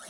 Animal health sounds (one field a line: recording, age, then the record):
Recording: pig call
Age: piglet (1 to 25 days)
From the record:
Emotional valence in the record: negative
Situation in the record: long isolation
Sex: male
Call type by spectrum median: high-frequency call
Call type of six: low-frequency tonal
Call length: 0.10 s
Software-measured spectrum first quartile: 1436 Hz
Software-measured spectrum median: 4406 Hz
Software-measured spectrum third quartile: 8541 Hz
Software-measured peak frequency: 1306 Hz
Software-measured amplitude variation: 25 dB a second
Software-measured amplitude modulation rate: 14.8 a second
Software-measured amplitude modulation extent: 1.7 dB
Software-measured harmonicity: 0.5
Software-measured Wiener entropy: -1.38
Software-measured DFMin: 453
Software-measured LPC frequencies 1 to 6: 701, 1487, 3180, 3802, 5447, 6124 Hz